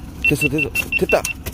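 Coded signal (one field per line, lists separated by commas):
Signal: none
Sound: a boat device's beeps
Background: speech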